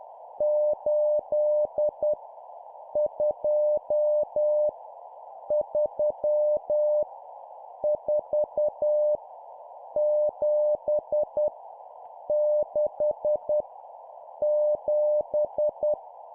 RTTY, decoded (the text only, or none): none